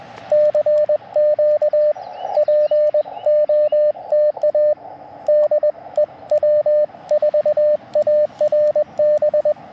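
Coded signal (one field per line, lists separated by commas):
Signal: Morse code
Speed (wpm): 20 wpm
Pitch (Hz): 600 Hz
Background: radio noise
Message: CQ POTA DEW4ARB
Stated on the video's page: QRP CW Parks on the Air activation on 30 meters with an Elecraft KX2, paddle key and end-fed half-wave antenna.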